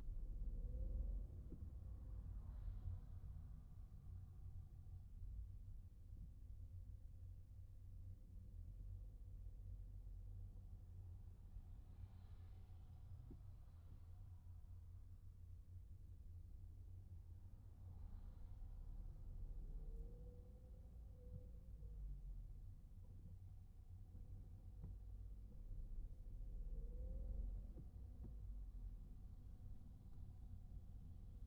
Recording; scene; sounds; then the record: everyday scene through a hearing-aid microphone; in a vehicle; engine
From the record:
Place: Skoda Fabia, gasoline engine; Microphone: behind the ear, right, rear